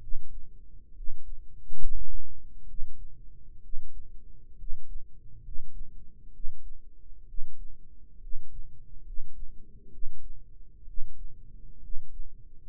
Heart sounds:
heart sounds by microphone in the right ear; 67 bpm
0.91 s: heartbeat
1.74 s: heartbeat
2.63 s: heartbeat
3.59 s: heartbeat
4.54 s: heartbeat
5.39 s: heartbeat
6.29 s: heartbeat
7.23 s: heartbeat
8.17 s: heartbeat
9.01 s: heartbeat
9.88 s: heartbeat
10.83 s: heartbeat
11.78 s: heartbeat
12.61 s: heartbeat
From the record:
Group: healthy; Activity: rest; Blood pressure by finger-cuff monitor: 104/59 mmHg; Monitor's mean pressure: 69 mmHg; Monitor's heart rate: 64 bpm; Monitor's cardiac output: 7.3 L/min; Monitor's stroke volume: 110 mL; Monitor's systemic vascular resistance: 680 dyn s/cm5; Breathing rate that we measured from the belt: 16 breaths a minute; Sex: male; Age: 22 years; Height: 185 cm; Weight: 112.4 kg

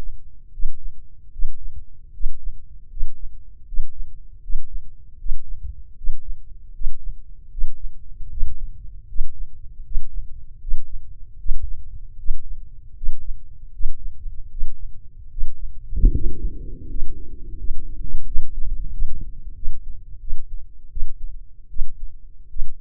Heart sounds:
heart sounds by microphone in the left ear; 79 bpm
0.49 s: heartbeat
1.29 s: heartbeat
2.10 s: heartbeat
2.87 s: heartbeat
3.64 s: heartbeat
4.39 s: heartbeat
5.16 s: heartbeat
5.94 s: heartbeat
6.71 s: heartbeat
7.48 s: heartbeat
8.28 s: heartbeat
9.06 s: heartbeat
9.82 s: heartbeat
10.58 s: heartbeat
11.36 s: heartbeat
12.16 s: heartbeat
12.93 s: heartbeat
13.70 s: heartbeat
14.48 s: heartbeat
15.28 s: heartbeat
16.10 s: heartbeat
16.87 s: heartbeat
17.57 s: heartbeat
18.25 s: heartbeat
18.91 s: heartbeat
19.54 s: heartbeat
20.19 s: heartbeat
20.89 s: heartbeat
21.68 s: heartbeat
22.48 s: heartbeat
From the record:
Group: healthy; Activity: breath hold 0-15 s, rest 15-23 s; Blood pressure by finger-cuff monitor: 123/73 mmHg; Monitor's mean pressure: 86 mmHg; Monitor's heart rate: 78 bpm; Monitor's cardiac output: 6.1 L/min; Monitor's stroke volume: 79 mL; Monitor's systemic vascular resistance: 1010 dyn s/cm5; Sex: male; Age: 21 years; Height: 180 cm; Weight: 67.5 kg

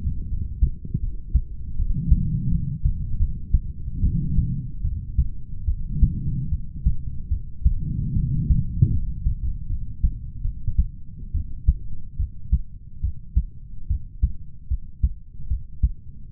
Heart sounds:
heart sounds by stethoscope; 75 bpm
0.27 s: heartbeat
0.99 s: heartbeat
1.75 s: heartbeat
2.48 s: heartbeat
3.16 s: heartbeat
4.01 s: heartbeat
4.81 s: heartbeat
5.65 s: heartbeat
6.49 s: heartbeat
7.28 s: heartbeat
8.13 s: heartbeat
8.91 s: heartbeat
9.67 s: heartbeat
10.42 s: heartbeat
11.32 s: heartbeat
12.17 s: heartbeat
13.01 s: heartbeat
13.88 s: heartbeat
14.68 s: heartbeat
15.48 s: heartbeat
16.30 s: heartbeat
From the record:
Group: healthy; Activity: rest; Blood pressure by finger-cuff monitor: 110/81 mmHg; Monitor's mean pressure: 88 mmHg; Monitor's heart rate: 74 bpm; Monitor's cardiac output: 5.7 L/min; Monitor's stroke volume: 78 mL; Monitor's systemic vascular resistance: 1120 dyn s/cm5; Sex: male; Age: 20 years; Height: 187 cm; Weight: 68.9 kg

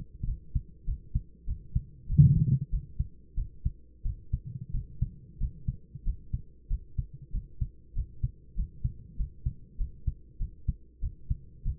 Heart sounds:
heart sounds by stethoscope; 95 bpm
0.25 s: heartbeat
0.85 s: heartbeat
1.46 s: heartbeat
2.07 s: heartbeat
2.70 s: heartbeat
3.36 s: heartbeat
4.03 s: heartbeat
4.72 s: heartbeat
5.39 s: heartbeat
6.04 s: heartbeat
6.68 s: heartbeat
7.32 s: heartbeat
7.94 s: heartbeat
8.55 s: heartbeat
9.16 s: heartbeat
9.77 s: heartbeat
10.38 s: heartbeat
11.01 s: heartbeat
11.63 s: heartbeat
From the record:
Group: healthy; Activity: rest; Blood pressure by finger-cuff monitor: 121/66 mmHg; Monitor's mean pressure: 84 mmHg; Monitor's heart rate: 95 bpm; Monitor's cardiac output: 9.6 L/min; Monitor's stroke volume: 99 mL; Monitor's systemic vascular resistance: 630 dyn s/cm5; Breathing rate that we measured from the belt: 18 breaths a minute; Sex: male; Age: 24 years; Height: 184 cm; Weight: 89 kg

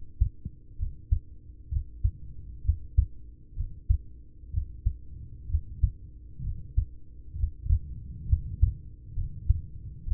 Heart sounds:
heart sounds by stethoscope; 65 bpm
0.75 s: heartbeat
1.68 s: heartbeat
2.61 s: heartbeat
3.53 s: heartbeat
4.50 s: heartbeat
5.46 s: heartbeat
6.41 s: heartbeat
7.35 s: heartbeat
8.25 s: heartbeat
9.12 s: heartbeat
10.03 s: heartbeat
From the record:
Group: heart failure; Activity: rest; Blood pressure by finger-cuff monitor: 81/46 mmHg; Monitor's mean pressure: 60 mmHg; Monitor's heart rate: 64 bpm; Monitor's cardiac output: 5.7 L/min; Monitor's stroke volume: 87 mL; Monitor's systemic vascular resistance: 710 dyn s/cm5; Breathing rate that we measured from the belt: 21 breaths a minute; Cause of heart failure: ischemic heart disease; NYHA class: 1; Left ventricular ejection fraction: 33%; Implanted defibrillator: present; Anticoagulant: apixaban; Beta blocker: carvedilol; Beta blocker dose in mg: 18.75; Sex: male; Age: 39 years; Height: 168 cm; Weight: 72 kg

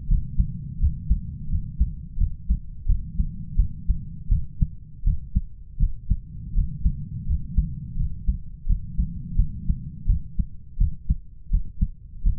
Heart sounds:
heart sounds by stethoscope; 84 bpm
0.08 s: heartbeat
0.79 s: heartbeat
1.49 s: heartbeat
2.17 s: heartbeat
2.86 s: heartbeat
3.56 s: heartbeat
4.29 s: heartbeat
5.04 s: heartbeat
5.79 s: heartbeat
6.54 s: heartbeat
7.26 s: heartbeat
7.96 s: heartbeat
8.66 s: heartbeat
9.36 s: heartbeat
10.06 s: heartbeat
10.78 s: heartbeat
11.50 s: heartbeat
12.23 s: heartbeat
From the record:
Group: healthy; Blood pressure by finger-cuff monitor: 99/59 mmHg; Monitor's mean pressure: 73 mmHg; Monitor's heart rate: 84 bpm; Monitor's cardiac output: 8.1 L/min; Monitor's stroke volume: 98 mL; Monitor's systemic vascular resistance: 640 dyn s/cm5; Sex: male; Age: 33 years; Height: 179 cm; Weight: 80.4 kg

